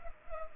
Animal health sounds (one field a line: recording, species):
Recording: mosquito wingbeat signal from an infrared sensor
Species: Culex pipiens